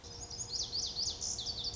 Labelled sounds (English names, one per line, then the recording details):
Lazuli Bunting
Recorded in Sonoma County, California